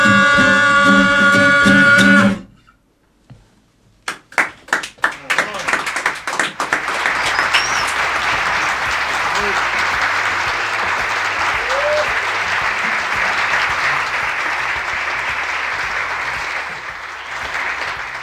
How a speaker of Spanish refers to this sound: Otro aplauso más, viejo. qué alegría la gente que le pone todo, loco.